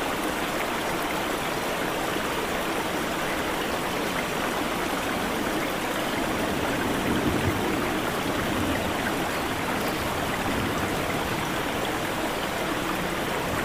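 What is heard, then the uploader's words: Steady, dense rain hisses without pause for the whole clip, an even wash with a rushing, stream-like quality. Around the middle, near seven seconds, a soft low swell rises briefly beneath the downpour before settling back. Relaxing Rain Sounds With Distant Thunder.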